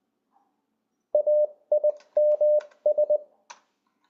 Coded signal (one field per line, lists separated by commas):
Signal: Morse code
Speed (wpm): 20 wpm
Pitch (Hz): 600 Hz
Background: none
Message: AIMS